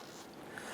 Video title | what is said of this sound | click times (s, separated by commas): How to Replace Oil Pressure Switch 2007-2012 Nissan Versa | and push that on you're going to feel it in here it snap into place | 0.6 s